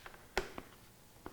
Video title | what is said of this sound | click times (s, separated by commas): TRANSITION VISOR INSTALL w/ PINLOCK - Shoei X15 Helmet Visor Install | And you pull the trigger and you line everything up. Hear it snap. Okay. | 0.4 s